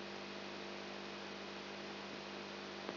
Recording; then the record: brain microelectrode recording played as sound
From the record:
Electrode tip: outside the subthalamic nucleus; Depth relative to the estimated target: 2 mm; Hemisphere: right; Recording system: AlphaMap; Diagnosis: Parkinson's disease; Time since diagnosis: 7 years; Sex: female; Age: 55 years